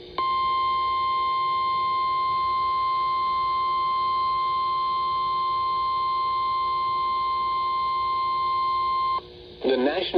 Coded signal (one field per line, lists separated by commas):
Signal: Emergency Alert System (SAME) tones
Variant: 1050 Hz attention tone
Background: speech